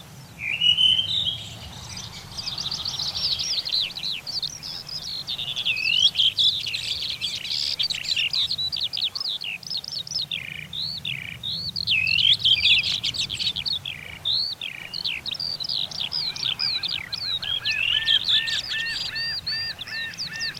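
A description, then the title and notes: Summer village air filled with birdsong: a busy chorus of chirps, whistles and quick repeated notes runs through the whole stretch, several birds overlapping. Underneath sits a low, steady rumble of background noise, with the calls thickening around the middle. Summer in a village.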